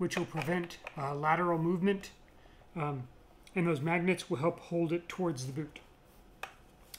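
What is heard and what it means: A magnetic face piece is pressed onto the face of a V9 CNC spindle dust boot, where four magnets pull it home over the locating pins. Someone talks for most of the clip, then a sharp snap at 6.4 seconds marks the face piece seating, followed by a fainter tick near the end.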